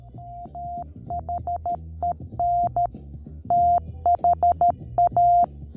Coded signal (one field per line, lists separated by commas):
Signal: Morse code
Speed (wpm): 13 wpm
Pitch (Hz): 700 Hz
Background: music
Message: THEN THA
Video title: Failing a FT-4 10m Only POTA Activiation